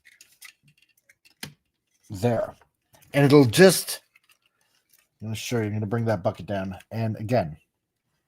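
Someone talks while handling an MX-41 Ground Bite Scrapper figure, bringing its bucket part down toward its slot on the figure's leg. Faint small ticks and taps come through between the speech, the sharpest near 1.4 s and a few softer ones around 4.2–4.9 s. The bucket has not seated or clicked into place yet.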